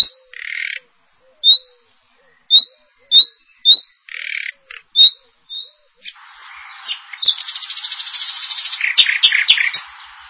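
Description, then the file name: Common nightingale song: soft buzzy notes and repeated sharp high whistles, then a loud rapid rattling trill with scattered chirps over a hissy background. "usignolo"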